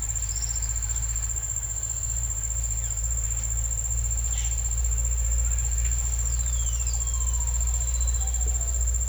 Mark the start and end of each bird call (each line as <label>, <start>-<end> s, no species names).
bird call, 0.23-0.71 s
bird call, 2.74-3.01 s
bird call, 4.26-4.55 s
bird call, 6.22-8.45 s